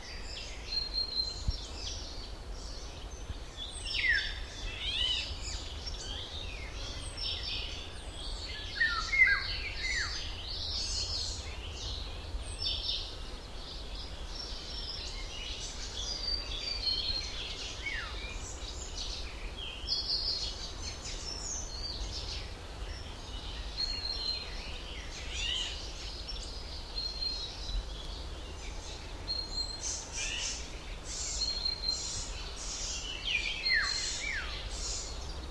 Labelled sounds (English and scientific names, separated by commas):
Eurasian Golden Oriole (Oriolus oriolus)